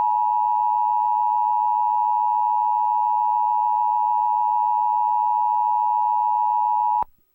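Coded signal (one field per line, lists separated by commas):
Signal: Emergency Alert System (SAME) tones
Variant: 853 and 960 Hz attention tone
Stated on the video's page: Fictional EAS scenario, simulated.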